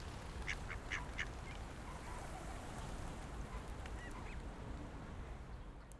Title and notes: Patos Viena. Este es el momento en el cual en un parque de Viena damos comida a unos patos que encontramos en un lago